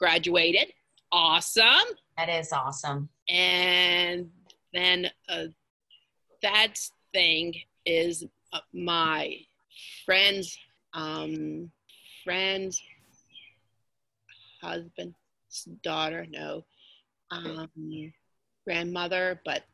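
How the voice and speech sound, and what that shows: Halting conversational speech from an adult woman after a stroke, with long pauses, fillers and wrong family words (daughter, grandmother) while searching for the right term, typical of word-finding difficulty in aphasia.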